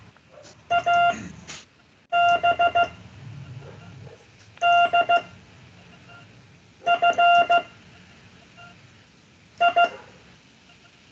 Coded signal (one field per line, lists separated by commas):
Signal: Morse code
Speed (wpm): 15 wpm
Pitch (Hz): 690 Hz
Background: none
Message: AB D F I